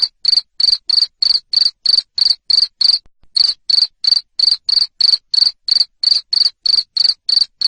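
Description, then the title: Cricket calling with loud, buzzy chirps at a regular rhythm of about three per second, pausing once around three seconds in. Loud cricket chirping played to make lovebirds keep singing (ngekek). "Suara JANGKRIK NGERIK Keras Bikin LOVEBIRD Jadi NGEKEK Terus Vubey"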